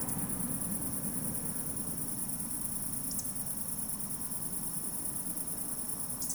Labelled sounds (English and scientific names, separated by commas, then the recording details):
Eurasian Woodcock (Scolopax rusticola) whistle
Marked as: whistle, whistle, whistle
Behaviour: display flight
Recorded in Baden-Württemberg, Germany, on 27 June 2020 at 20:19 UTC
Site 42618, 210 m above sea level